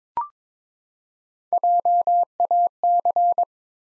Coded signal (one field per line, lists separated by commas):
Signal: Morse code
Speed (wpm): 22 wpm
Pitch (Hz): 700 Hz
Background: none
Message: JAC